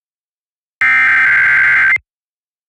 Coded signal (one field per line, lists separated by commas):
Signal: Emergency Alert System (SAME) tones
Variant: header bursts